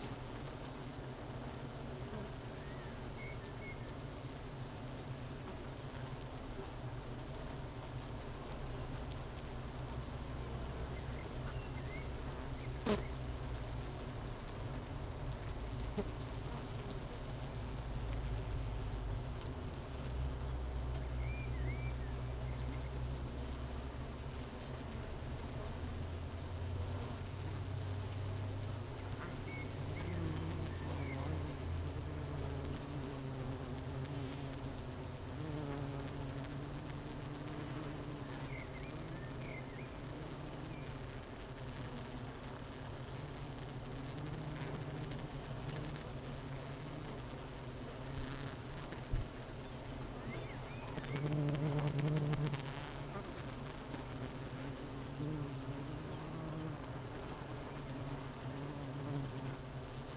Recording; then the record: honeybee colony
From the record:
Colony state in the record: missing queen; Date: 31 May 2018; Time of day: 8:18